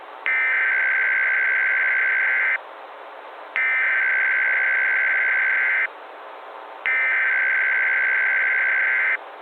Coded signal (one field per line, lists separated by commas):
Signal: Emergency Alert System (SAME) tones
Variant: header bursts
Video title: EAS Scenario / Analog & Digital Horror - Day Zero